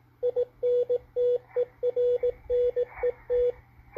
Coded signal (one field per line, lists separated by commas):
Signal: Morse code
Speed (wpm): 18 wpm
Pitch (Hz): 490 Hz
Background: radio noise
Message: INTERNET